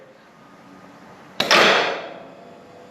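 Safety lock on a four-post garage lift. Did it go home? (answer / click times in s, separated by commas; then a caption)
released / 1.4 s. A button is pressed to release the steel safety locks on the posts of a four-post garage car lift. After quiet background, a sharp click comes at 1.4 s, followed by a bright broadband rush that fades over about a second. The locks are released.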